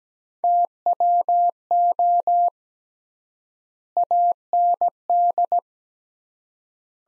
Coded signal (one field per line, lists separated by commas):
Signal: Morse code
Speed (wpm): 17 wpm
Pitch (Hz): 700 Hz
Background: none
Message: TWO AND